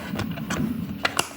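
The small back left-hand door of a 3D-printed PLA toy garage playset for diecast cars is pushed into its wall opening, with soft plastic taps and rubs near 0.2 and 0.5 seconds. A sharp click at 1.1 seconds, followed by a second quick tick at 1.2 seconds, marks the door clicking into place, seated.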